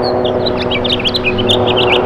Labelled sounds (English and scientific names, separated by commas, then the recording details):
House Finch (Haemorhous mexicanus) song
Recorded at Massapequa on Long Island, New York, on 14 May 2013
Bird C